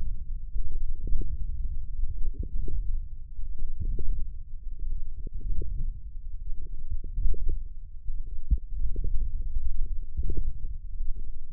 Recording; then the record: forearm muscle sounds (acoustic myography)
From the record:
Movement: wrist extension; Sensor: system 1, eight BSWA MPA416 microphones around the upper forearm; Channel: 6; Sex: male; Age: 20 years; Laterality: left